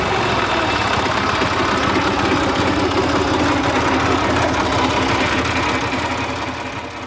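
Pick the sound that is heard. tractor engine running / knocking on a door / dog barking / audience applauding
tractor engine running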